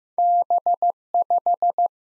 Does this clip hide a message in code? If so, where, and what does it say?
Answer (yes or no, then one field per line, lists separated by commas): yes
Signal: Morse code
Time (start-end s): 0.2-1.9 s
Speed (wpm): 15 wpm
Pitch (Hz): 700 Hz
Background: none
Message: B5